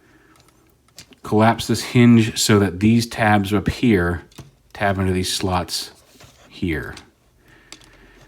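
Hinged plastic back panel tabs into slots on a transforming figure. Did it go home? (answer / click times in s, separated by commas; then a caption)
yes / 7.7 s. Someone talks while folding the hinged plastic back panel of an Ocular Max PS-13 Impetus transforming figure down on its hinge so its tabs go under their slots. A sharp plastic snap is heard at 7.7 s as the tabs seat in the slots, and the back is done.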